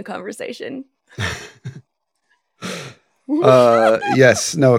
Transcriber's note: chuckles